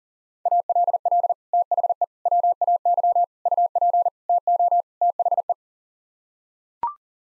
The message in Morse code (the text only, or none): ALL THE WAY UP TO THE